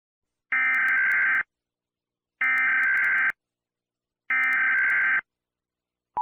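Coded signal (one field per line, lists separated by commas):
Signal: Emergency Alert System (SAME) tones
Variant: header bursts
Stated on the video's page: Fictional EAS tornado warning and watch.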